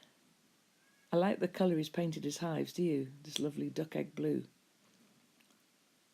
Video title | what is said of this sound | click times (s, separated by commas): The Flow Hive, a fascinating way to collect honey | and that clicks in place | 0.0 s